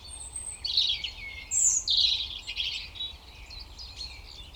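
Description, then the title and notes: European robin song with a sustained thin whistle leading into shimmering high warbles and trills that fade away. Recorded at Koniówka, Lesser Poland, Poland, using a Zoom F3 recorder with a Usi Pro microphone on a drop rig. "Koniówka, województwo małopolskie, Polska - Robin, King of the Petland. Recordist: Maciej Wirmański"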